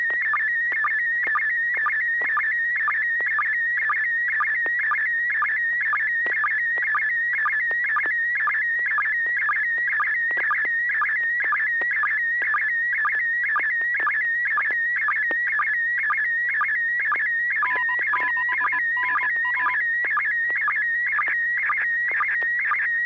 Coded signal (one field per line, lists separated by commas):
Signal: SSTV (slow-scan television)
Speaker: Affirm, you got a tone. AI6DG, KL7H2R,